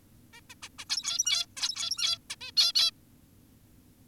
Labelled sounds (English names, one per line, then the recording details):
Zebra Finch
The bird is an adult
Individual g17y2U